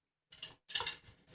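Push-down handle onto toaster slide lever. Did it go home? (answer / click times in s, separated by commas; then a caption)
no / none. A plastic push-down handle on a Proctor-Silex toaster is being pushed onto the metal slide lever through its slot. Short bursts of scraping and ticking plastic-on-metal handling are heard, with sharp transients at 0.4, 0.8 and 1.4 seconds. Nothing has seated or clicked into place yet.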